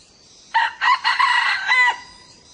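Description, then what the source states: Red junglefowl crowing once: clipped opening notes followed by a long hoarse drawn-out final part, with an insect's whine continuing underneath. Young male crowing.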